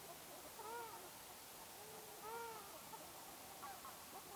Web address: sound Ruddy-shelduck